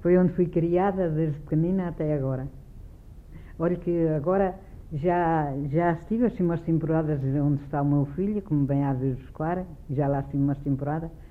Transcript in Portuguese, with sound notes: Foi onde fui criada desde pequenina até agora. [pausa] Olhe que, agora, já já estive assim umas temporadas onde está o meu filho – que me vem, às vezes, buscar –, já lá estive umas temporada.